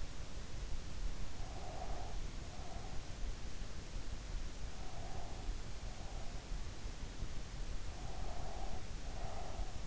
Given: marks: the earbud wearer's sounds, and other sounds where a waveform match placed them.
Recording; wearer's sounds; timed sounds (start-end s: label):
sounds in sleep by an in-ear microphone; breath
1.43-2.99 s: breath
4.71-6.66 s: breath
7.87-9.86 s: breath